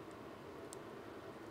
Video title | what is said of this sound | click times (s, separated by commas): You're not going to believe what I found inside this gem :) Vintage IBM restoration | and lock in place. Perfect. | 0.7 s